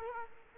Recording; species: mosquito wingbeat signal from an infrared sensor; Culex quinquefasciatus